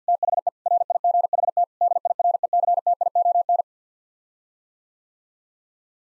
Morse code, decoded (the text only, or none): THE RIGHT DIRECTION